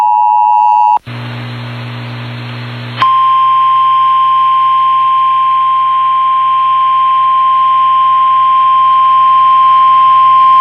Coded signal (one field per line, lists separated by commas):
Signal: Emergency Alert System (SAME) tones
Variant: 853 and 960 Hz attention tone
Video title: EAS | PDS Tornado Emergency, Elkhorn/Omaha, Nebraska | NOAA Weather Radio